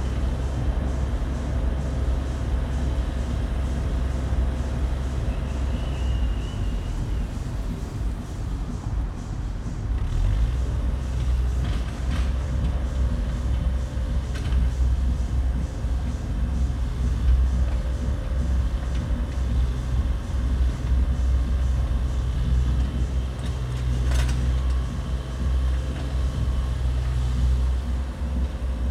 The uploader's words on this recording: Frank Zappa Straße Marzahn-Berlin-DDR - the view from my window. Recorded my window this morning. I didn't add any sound.